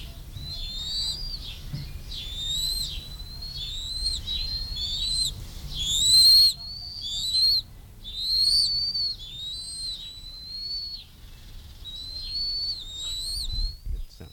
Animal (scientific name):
Haliaeetus leucocephalus